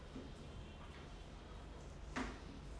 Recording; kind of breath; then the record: one breath in and out by a microphone near the nose and mouth; normal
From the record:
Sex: male